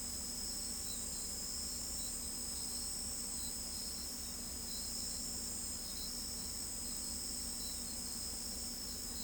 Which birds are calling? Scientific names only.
none